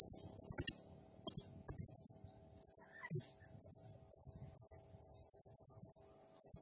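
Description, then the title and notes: Blue-crowned hanging parrot calling in quick bursts of thin, sharp, very high chirps, grouped in twos to fours with short pauses. Singing energetically (gacor, nembak style); recording used as masteran (lure/training sound) for other birds. "Burung Serindit Nembak Gacor Bikin Emosi Semua Burung. Suara Nasteran Dan Pemikat Burung Serinditan Gacor"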